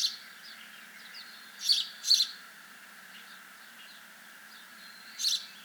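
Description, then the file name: House sparrow chirping irregularly: a chirp at the start, a pair of quick chirps, a pause, then another, with soft fainter notes between and a steady background hum. "Passer domesticus"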